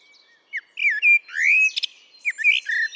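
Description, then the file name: Eurasian blackbird giving short fluted whistles mixed with high, scratchy twittering notes in a quick run. "Turdus merula"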